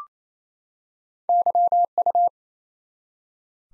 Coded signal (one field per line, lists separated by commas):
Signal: Morse code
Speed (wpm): 28 wpm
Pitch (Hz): 700 Hz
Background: none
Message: YU